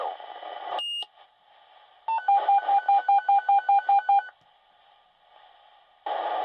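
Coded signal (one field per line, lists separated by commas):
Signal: pager alert tone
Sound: static burst, then a fast hi-lo warbling alert tone for two seconds, then static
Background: radio static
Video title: Fire Department Dispatch Pager - Sound effect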